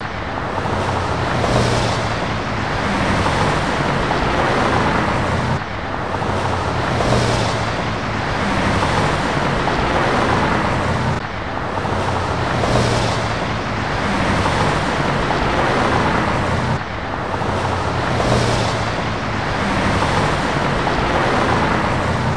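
Dense, steady highway traffic roars, low and rushing, with louder cars swelling past about every five seconds over constant tire noise.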